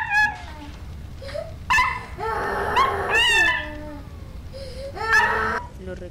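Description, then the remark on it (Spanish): A frightened, large but young dog gives a series of high, wavering yelps and whimpering barks, some rising and falling in pitch, loud and insistent over several seconds. “Ese no tan pequeño perro ladrando con terror en los ojos.”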